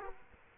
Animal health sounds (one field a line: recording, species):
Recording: mosquito wingbeat signal from an infrared sensor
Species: Aedes aegypti